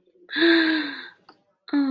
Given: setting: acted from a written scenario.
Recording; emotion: vocal sound without words; elation